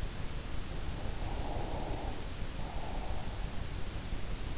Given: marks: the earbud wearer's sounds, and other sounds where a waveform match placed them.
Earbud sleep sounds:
sounds in sleep by an in-ear microphone; breath
0.91-3.69 s: breath

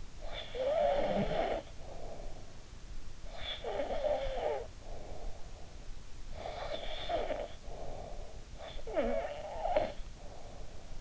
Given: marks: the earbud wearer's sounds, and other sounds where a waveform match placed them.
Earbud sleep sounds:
sounds in sleep by an in-ear microphone; snoring breath
0.00-2.73 s: snoring breath
3.05-5.65 s: snoring breath
5.98-11.01 s: snoring breath

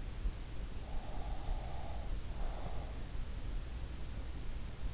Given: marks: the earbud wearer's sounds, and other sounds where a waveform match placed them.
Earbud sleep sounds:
sounds in sleep by an in-ear microphone; breath
0.40-3.44 s: breath

